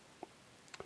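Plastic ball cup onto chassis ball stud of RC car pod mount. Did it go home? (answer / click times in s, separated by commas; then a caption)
yes / 0.7 s. On a Team Associated RC10F6 car's pod mount, a plastic ball cup held in an aluminium part is pressed by hand onto a ball stud screwed to the chassis. After a faint tick at 0.2 s, it snaps on with a sharp, short click at 0.7 s, followed by another small tick at 0.8 s. The cup is seated on the ball with no play.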